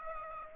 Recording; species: mosquito wingbeat signal from an infrared sensor; Aedes aegypti